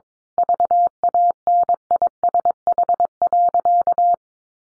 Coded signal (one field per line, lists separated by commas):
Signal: Morse code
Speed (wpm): 22 wpm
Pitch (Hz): 700 Hz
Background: none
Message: VANISH.